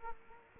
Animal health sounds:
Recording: mosquito wingbeat signal from an infrared sensor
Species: Aedes aegypti

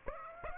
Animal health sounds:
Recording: mosquito wingbeat signal from an infrared sensor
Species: Aedes aegypti

